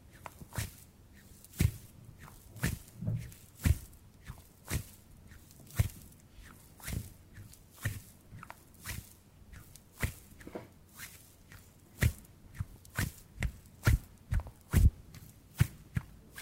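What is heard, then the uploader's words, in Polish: Hand sounds in a steady run of sharp taps and light slaps, about two per second, some with soft low thumps, over quiet hiss. ASMR DŹWIĘKI DŁONI 40 MINUT! 50+ DŹWIĘKÓW.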